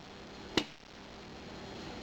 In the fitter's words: slowly release pressure on the recoil spring until the bolt snaps into place